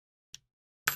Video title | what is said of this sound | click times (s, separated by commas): The First Channel Restoration Dark LCD Revisited and Re-Tuned. | So when you get it back, you press on it, make sure it clicks in and clicks out. | 0.3 s, 0.9 s